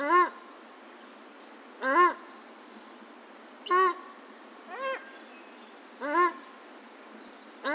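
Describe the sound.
Paradise shelduck giving a series of harsh, downward-curving honks roughly every one to two seconds, mostly loud with one softer note, about six calls in all.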